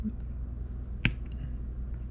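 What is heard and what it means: A steel takedown pin is pushed into a Springfield Hellcat pistol frame with a pin punch after being tapped in with a small rubber hammer. A single sharp click sounds at 1.1 s over a quiet background. The pin is still sticking out a little and is not flush on one side.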